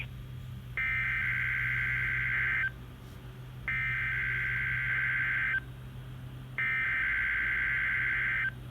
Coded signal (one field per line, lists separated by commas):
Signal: Emergency Alert System (SAME) tones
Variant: header bursts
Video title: EAS Required Weekly Test NOAA WXL40 9/15/21 EAS#179